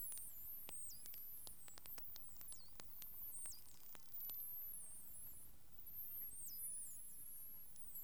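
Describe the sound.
Whale whistles, many rapid high sweeping and wavering tones, with a series of sharp clicks in the first half and constant background hiss.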